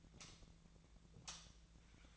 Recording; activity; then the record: daily activity, microphone in the room; light off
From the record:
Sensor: 3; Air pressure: 1009.7 hPa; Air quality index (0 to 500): 190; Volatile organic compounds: 14 ppm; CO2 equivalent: 2476 ppm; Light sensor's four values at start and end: 44/117/49/50 and 38/94/40/43